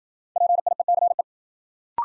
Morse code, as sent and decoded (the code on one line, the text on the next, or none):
.--. .. . -.-. .
PIECE